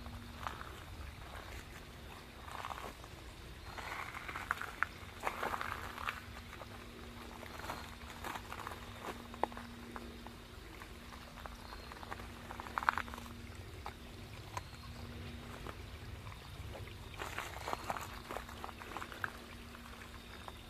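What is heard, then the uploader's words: A fall nature walkabout: a steady crackle of light ticks and patters, with brighter bursts near 4–5 and 13 seconds over a low hum. Nature Walkabout in Fall.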